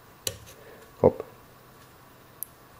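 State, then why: Seated. A SIM card is slid under a modem board into its SIM holder and pressed with a fine tool until it clicks and locks in place at 0.3 s. Someone talks briefly afterward, and another short, faint tick is heard at 2.4 s. The SIM card is seated in the holder.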